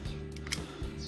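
A plastic wing panel of a toy is adjusted by its multi-joint part and pressed into the toy backpack. Soft plastic ticks come at 0.4 and 0.5 seconds, then a sharper click at 0.5 seconds as the wing panel clips into place, with another light tick near 1.1 seconds. The panel is seated.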